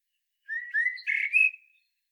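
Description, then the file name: Common blackbird song: a single short phrase of slightly rising whistles running into a harsher, twittering ending, with no other sounds. "Turdus merula"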